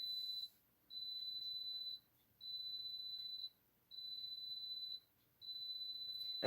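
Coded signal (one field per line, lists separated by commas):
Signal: beep code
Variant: Cuisinart bread maker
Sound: five long high-pitched electronic beeps, evenly spaced, about one second each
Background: quiet room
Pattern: 5 long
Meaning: Time to add mix-ins such as raisins during kneading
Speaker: okay now we have heard the five beeps that's what we were waiting for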